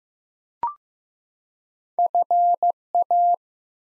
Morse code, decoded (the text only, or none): FA